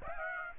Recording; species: mosquito wingbeat signal from an infrared sensor; Aedes aegypti